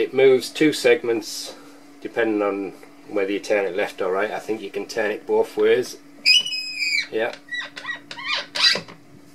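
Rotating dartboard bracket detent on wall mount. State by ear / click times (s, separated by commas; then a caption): seated / 8.6 s. Someone talks while turning a dartboard on a rotating wall-mount holder, which moves the board two segments whether it is turned left or right. After a squeaky rotating sound around 6.3 s, the plastic bracket clicks into its next aligned detent position at 8.6 s, seating the board.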